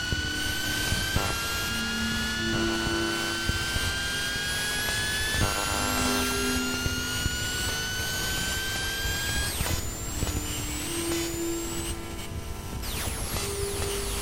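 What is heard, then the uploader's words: Electromagnetic interference fills the recording with a dense, steady hiss and hum. Thin whistling tones glide slowly upward, and buzzy pulsing bands switch on and off every few seconds. A low drone and sharp clicks sit underneath throughout. Electromagnetic Interference/signals. Using an EM coil pick-up, (sometimes advertised as a 'phone tap pick-up') the EM signals are captured and sent through a Max patch where by they are processed and transposed.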